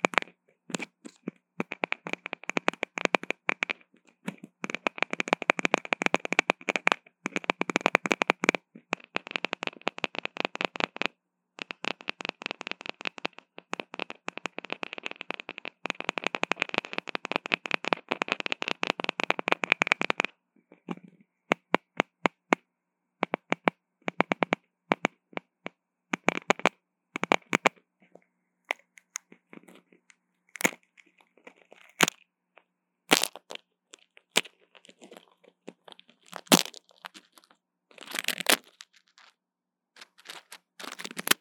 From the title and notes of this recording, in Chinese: ASMR 各種玩弄線麥-蛋蛋的哀傷 | Lo-fi Earphone Mic | Lo-fi | No Talking。